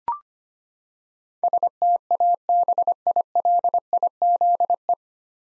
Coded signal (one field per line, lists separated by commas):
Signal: Morse code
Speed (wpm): 25 wpm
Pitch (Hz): 700 Hz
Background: none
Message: STABILIZE